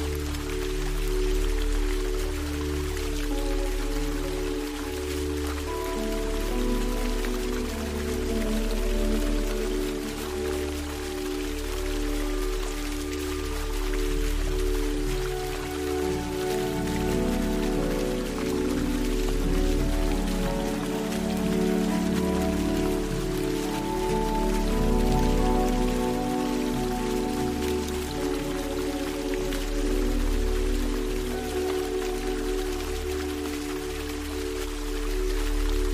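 Steady falling water, like rain pattering on a surface, runs through the whole recording under soft Japanese-style music. Held low tones and a slow pulse sit underneath while gentle plucked melody notes drift in and out, a little busier past the midpoint.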